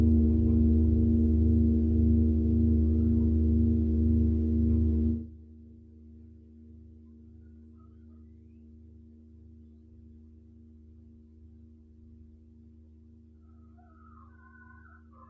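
A singing bowl drones with a low, slowly pulsing hum and steady higher ringing tones layered above it. Around five seconds the sound drops sharply quieter, leaving a softer lingering ring that keeps its gentle wavering to the end, with faint brief tones near fourteen seconds.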